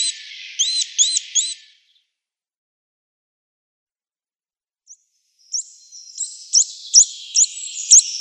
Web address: Schulze Peter Eurasian Nuthatch calls